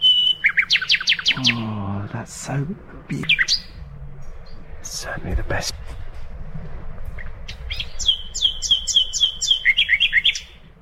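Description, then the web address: Common nightingale song of rapid note series and whistles, a low harmonic rumbling sound partway through, ending in a quick repeated piping run. "birdsong nightingale"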